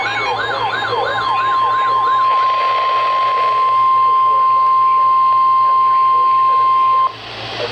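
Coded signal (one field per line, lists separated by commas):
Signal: Emergency Alert System (SAME) tones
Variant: 1050 Hz attention tone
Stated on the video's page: Severe thunderstorm warning alert tones.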